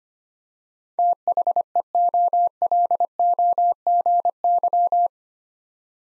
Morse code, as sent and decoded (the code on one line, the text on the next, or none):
- .... . --- .-.. --- --. -.--
THEOLOGY